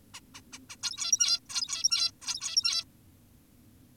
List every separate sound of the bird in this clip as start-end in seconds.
0.14-0.20, 0.35-0.41, 0.53-0.59, 0.70-0.76, 0.83-1.40, 1.50-2.12, 2.22-2.84